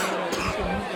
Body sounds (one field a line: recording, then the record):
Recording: coughing mixed with background sound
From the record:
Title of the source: 64 coughing, allergies, singing lungs